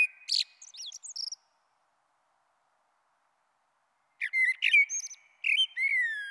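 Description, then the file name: Common blackbird: the tail of one phrase with high twittering notes, a silent gap, then a phrase of varied mellow whistles and thin high squeaks. "Merle Noir"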